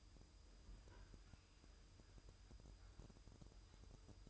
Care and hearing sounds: daily activity, microphone in the room; open fridge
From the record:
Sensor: 2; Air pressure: 988.3 hPa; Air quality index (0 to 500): 192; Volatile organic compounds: 191 ppm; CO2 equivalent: 4184 ppm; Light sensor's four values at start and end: 21/71/28/26 and 21/71/28/26

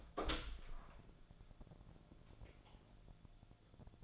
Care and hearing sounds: daily activity, microphone in the room; open door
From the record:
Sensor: 5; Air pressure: 1000.4 hPa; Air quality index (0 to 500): 158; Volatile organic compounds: 2 ppm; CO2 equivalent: 1214 ppm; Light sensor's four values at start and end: 47/110/46/49 and 47/110/46/49

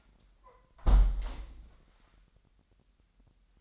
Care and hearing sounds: daily activity, microphone in the room; close window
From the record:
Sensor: 3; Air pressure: 998.5 hPa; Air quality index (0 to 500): 155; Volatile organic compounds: 6 ppm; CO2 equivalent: 1867 ppm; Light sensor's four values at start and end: 10/23/10/11 and 13/32/13/14

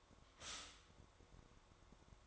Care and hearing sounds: daily activity, microphone in the room; stop toaster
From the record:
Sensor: 3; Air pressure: 1004.2 hPa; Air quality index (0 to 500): 201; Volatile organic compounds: 15 ppm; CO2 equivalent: 2519 ppm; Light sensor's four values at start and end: 4/11/4/4 and 4/11/4/4

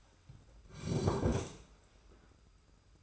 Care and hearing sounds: daily activity, microphone in the room; sit down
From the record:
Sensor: 2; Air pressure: 991.5 hPa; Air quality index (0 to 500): 182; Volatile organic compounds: 1000 ppm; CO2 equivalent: 5905 ppm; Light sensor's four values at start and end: 25/80/31/30 and 27/85/33/31

